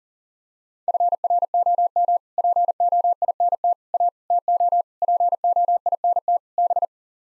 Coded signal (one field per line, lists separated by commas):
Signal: Morse code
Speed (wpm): 40 wpm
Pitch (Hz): 700 Hz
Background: none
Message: FROM POINT A TO POINT B